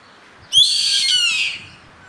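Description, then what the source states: Bird uttering one long rasping screech, strong and even for about a second before tailing off into quiet. Recorded in Brazil.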